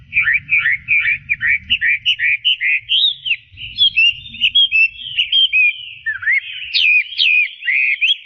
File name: audio kicauan burung hwamei. omkicau